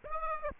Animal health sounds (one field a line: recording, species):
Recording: mosquito wingbeat signal from an infrared sensor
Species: Aedes aegypti